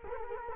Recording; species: mosquito wingbeat signal from an infrared sensor; Culex quinquefasciatus